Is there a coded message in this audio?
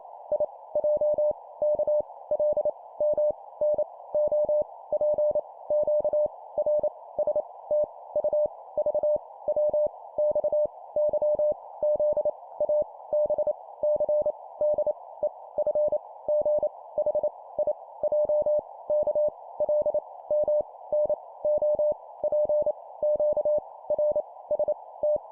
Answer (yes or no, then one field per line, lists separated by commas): yes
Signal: Morse code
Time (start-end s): 0.3-25.2 s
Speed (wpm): 28 wpm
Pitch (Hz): 600 Hz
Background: none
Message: I J K L M N O P Q R S T U V W X Y Z A B C D E F G H I J K L M N O P Q R S T